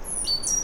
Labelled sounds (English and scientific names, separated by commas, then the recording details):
Stitchbird (Notiomystis cincta) song
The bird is a male
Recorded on Tiritiri Matangi Island, New Zealand, in 2005
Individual 1, of nest box 1